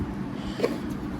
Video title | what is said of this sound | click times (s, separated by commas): Boba Fett Deluxe Hot Toys (UNBOXING + REVIEW) | if you could hear that snap it means it's secure | 0.6 s